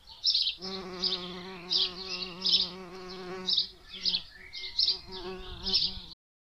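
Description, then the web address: Bumblebee buzz, a steady low hum with rich overtones, broken by a few short gaps. "Geraeusche Hummel"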